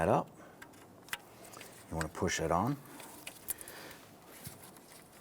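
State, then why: Not seated. A wiring harness connector is being pushed onto the alternator socket of a 1992-1996 Toyota Camry during alternator replacement, where its plastic latch is meant to clip into place. Someone talks while a few faint short ticks and handling noises are heard, but nothing has seated or clicked yet.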